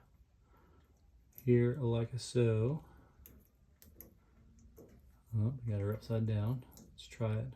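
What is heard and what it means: A plastic replacement water-level pressure switch for a washer is handled near its housing mount, first held upside down and then flipped over to be pushed in, while someone talks. Short handling clicks and taps sound around 3.3, 3.8, 4.0 and 4.8 seconds between stretches of speech. Nothing has seated or clicked into the mount yet.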